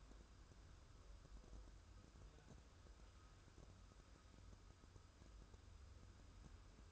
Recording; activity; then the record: daily activity, microphone in the room; wipe stove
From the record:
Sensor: 2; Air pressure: 1014.9 hPa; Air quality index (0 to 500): 42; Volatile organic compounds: 1 ppm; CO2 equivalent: 591 ppm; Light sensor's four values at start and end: 13/35/13/15 and 13/35/13/15